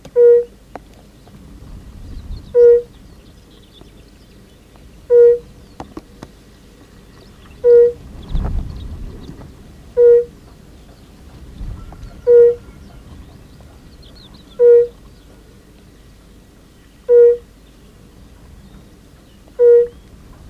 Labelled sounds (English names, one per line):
Fire-Bellied Toad call